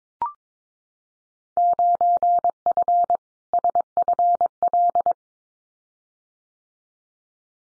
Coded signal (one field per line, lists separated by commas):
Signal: Morse code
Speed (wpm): 22 wpm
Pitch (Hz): 700 Hz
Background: none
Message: 9F SFL